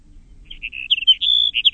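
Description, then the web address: Sagebrush sparrow song, a run of quick high tinkling and buzzy notes that builds in loudness over about a second and a half. "birdweb SAGS"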